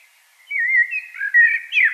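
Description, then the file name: Common blackbird song phrase, a smooth fluty warble wavering up and down, ending in a brief higher squeaky flourish. "Turdus merula"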